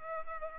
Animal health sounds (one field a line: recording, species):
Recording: mosquito wingbeat signal from an infrared sensor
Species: Culex pipiens